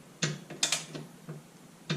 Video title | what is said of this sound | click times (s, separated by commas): 2024 Polaris Ranger XP 1000 Rock Guard With Step Install! - Rock sliders | And you can just hear that slight click. | 0.6 s